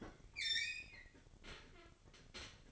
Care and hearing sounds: daily activity, microphone in the room; open fridge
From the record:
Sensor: 4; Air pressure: 1008.5 hPa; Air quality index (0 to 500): 74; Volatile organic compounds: 1 ppm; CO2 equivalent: 631 ppm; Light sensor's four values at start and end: 16/36/15/15 and 16/36/15/15

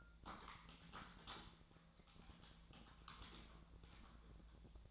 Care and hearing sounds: daily activity, microphone in the room; typing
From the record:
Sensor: 3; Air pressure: 1000.2 hPa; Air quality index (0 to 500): 138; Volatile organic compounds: 2 ppm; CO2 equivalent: 1222 ppm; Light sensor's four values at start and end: 39/98/41/46 and 39/99/42/46

